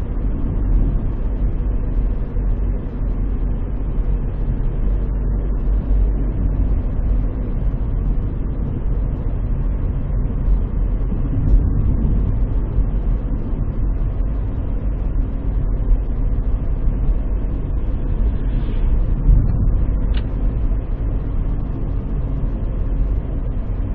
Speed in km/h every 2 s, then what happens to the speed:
52, 52, 52, 53, 53, 54, 55, 55, 55, 55, 56, 56.
0-24 steady at about 54.